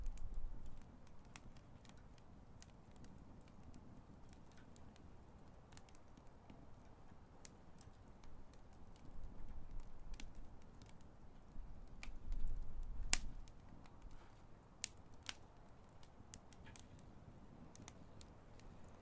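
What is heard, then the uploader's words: A wood fire burns with a steady low roar, while sharp crackles and pops snap out irregularly throughout, several per second at times. The low rumble swells briefly around the twelve-second mark, and a few louder pops stand out near thirteen and fifteen seconds. Burning Fireplace & Crackling Camp Fire. The calming sound of Fire, wood crackling while burning.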